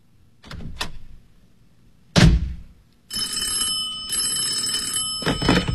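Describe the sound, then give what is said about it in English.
A few soft bumps and a sharp clatter are followed by a telephone bell ringing steadily and loudly, a continuous metallic trill that carries on to the end without any talking. “You do keep looking at that phone.”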